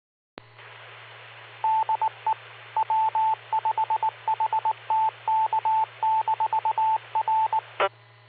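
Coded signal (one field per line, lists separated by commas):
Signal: Morse code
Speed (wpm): 19 wpm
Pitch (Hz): 880 Hz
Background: radio noise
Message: DE W5HTK-R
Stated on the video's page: Two-meter repeater net on 147.39+ with 114.8 PL, received on a Flex 6700 with preamp and Mosley 5/8 base antenna, live streamed.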